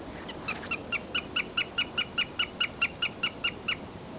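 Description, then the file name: Eurasian jay call, a quick, regular series of bright notes over faint low hiss. "Garrulus glandarius"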